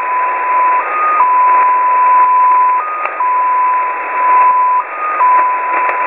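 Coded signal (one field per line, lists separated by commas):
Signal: numbers station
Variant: XPA2 polytone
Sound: steady tone near 1 kHz, occasionally stepping briefly higher, over radio hiss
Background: radio static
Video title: Russian XPA2 polytone number station at 14538 kHz (long message)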